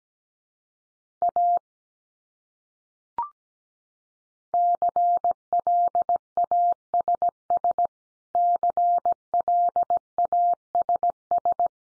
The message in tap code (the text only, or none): none